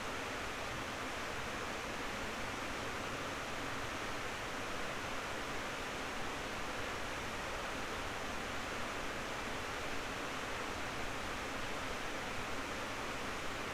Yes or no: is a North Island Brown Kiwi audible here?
no